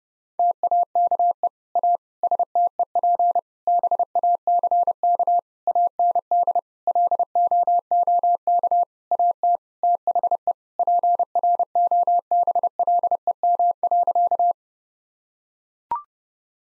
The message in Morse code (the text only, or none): TAKE A STEP BACK AND LOOK AT THE PROBLEM.